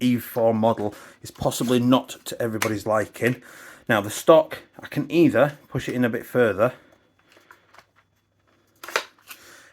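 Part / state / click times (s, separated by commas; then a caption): adjustable stock on airsoft rifle buffer tube / not seated / none. Someone talks about a KWA EVE 4 ICE (E4) airsoft rifle, then pushes its collapsible adjustable stock further in on the buffer tube, with faint handling sounds around 7.3–7.8 s and sharper knocks at about 8.8–9.0 s. Nothing has clicked into position yet; the stock does not lock there.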